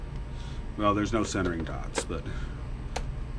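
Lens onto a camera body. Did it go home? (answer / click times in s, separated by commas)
yes / 3.0 s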